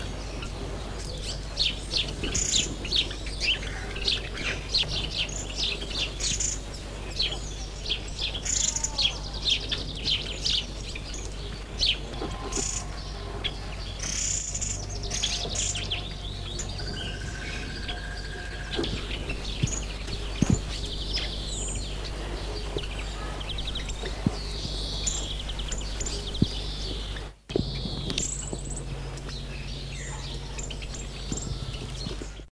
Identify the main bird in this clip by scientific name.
Heterophasia auricularis